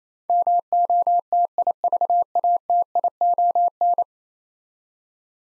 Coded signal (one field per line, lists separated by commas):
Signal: Morse code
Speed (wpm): 28 wpm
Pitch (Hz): 700 Hz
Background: none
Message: MOTIVATION